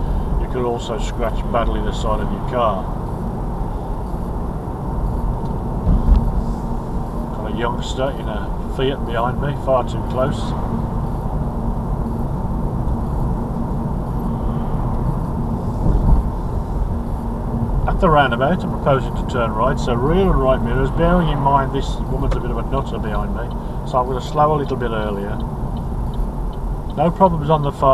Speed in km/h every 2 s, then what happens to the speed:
40, 42, 42, 42, 40, 42, 44, 42, 40, 40, 40, 39, 35, 32.
0-21 steady at about 42. 21-28 slows to 32.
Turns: none.